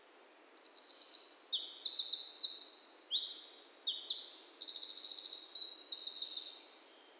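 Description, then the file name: Eurasian wren song, a long, energetic outpouring of high, rattling trills and quick twittering notes lasting around six seconds, with faint background hiss. "Troglodytes troglodytes"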